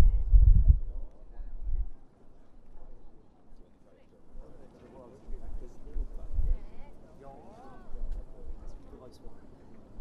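A walk through Prague streets, with a steady murmur of voices from passersby throughout. Heavy low thumps land at the start, near two seconds and again around six seconds, and a few clearer voices rise out of the crowd toward the end.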